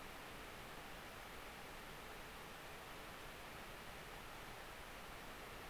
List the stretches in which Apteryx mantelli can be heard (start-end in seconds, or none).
none